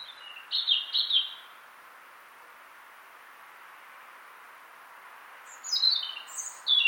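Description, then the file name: European robin song, a high warbled phrase at the start, a silent gap, then a cascade of thin descending notes climbing high again, with faint hiss. "Erithacus rubecula"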